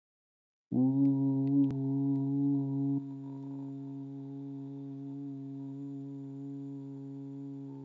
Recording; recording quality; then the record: sustained vowel as in boot; excellent, no background noise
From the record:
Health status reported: healthy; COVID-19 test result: negative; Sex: male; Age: 24 years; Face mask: not worn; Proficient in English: yes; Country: India